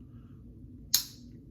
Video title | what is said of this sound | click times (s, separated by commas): Ever-Ready 1924 Shovelhead, Morris & Forndran Blonde Badger, Barrister and Mann Bay Rum | and you'll hear it snap. It's a very satisfying snap. | 0.9 s